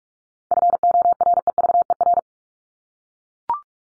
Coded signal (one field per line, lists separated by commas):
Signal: Morse code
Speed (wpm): 44 wpm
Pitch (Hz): 700 Hz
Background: none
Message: FOREVER